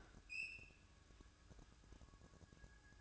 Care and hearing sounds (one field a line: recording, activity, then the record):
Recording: daily activity, microphone in the room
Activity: open fridge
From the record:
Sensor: 2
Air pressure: 1007.6 hPa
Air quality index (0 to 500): 42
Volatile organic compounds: 1 ppm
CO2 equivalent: 547 ppm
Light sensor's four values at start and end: 11/25/11/11 and 11/25/11/11